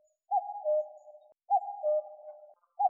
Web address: Cuculus canorus